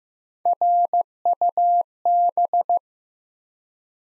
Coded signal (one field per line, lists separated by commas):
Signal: Morse code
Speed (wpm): 15 wpm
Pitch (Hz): 700 Hz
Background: none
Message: RUB